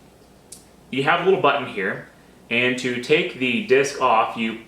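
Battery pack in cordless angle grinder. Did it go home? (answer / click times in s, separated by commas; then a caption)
released / 0.5 s. A single short click at 0.5 s marks the latch releasing as the 18V slide-on battery pack is removed from a Makita cordless angle grinder for safety before changing the disc. Someone then talks, and the battery pack ends up unlatched from the grinder.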